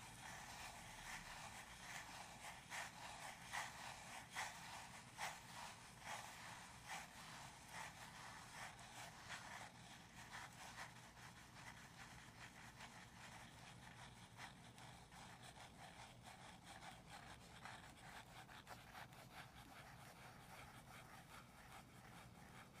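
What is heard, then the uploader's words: Gentle tapping and scratching go on without a break, dense and fairly even, with the crisp scraping louder in the first ten seconds before settling. ASMR medium gentle tapping and scratching.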